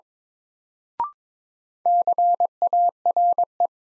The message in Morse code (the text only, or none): CARE